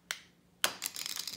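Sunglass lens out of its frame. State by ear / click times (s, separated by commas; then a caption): released / 0.1 s, 0.6 s. A polycarbonate lens is removed from the plastic frame of Oakley Flak Jacket 2 sport sunglasses by pulling the frame apart. Sharp snaps sound at 0.1 s and 0.6 s, followed by lighter clicks and rattles from about 0.8 s on. The lens pops out of the frame.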